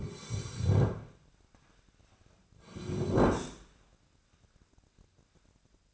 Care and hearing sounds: daily activity, microphone in the room; sit down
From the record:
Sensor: 2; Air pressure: 1009.1 hPa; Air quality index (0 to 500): 171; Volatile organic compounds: 2 ppm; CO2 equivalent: 1250 ppm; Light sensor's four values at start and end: 34/90/38/40 and 32/87/36/39

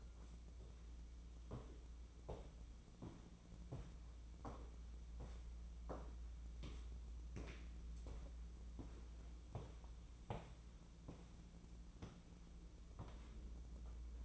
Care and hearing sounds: daily activity, microphone in the room; walk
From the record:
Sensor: 1

